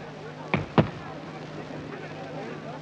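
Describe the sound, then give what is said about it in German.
An artillery battery fires the first salute shots at a 1933 harvest thanksgiving day event: two sharp, heavy cannon reports in quick succession, each a brief loud thud that fades fast, followed by a steady low hum and hiss of background noise. “Die Batterie feuert den ersten Schuss.”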